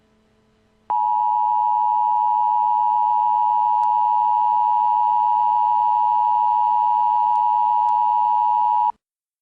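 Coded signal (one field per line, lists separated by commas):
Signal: Emergency Alert System (SAME) tones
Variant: 853 and 960 Hz attention tone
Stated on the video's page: Fictional zombie EAS scenario.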